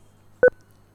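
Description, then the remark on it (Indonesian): A single short touch-tone keypad beep, a bright two-tone blip from a phone being dialed to call a listener back, standing out loudly over a faint, steady low hum. “Ya, shalom. Kita telepon.”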